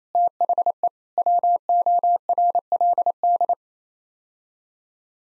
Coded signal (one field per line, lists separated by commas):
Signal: Morse code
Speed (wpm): 28 wpm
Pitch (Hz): 700 Hz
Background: none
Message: THE WORLD